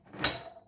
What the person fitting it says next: And that kind of clicks into place.